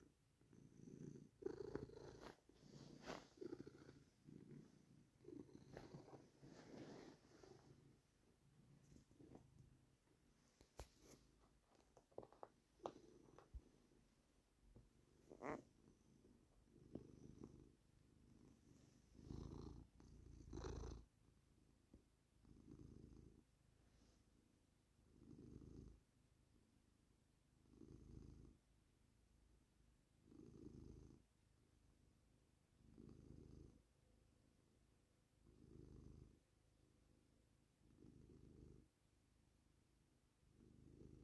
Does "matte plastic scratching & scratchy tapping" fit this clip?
no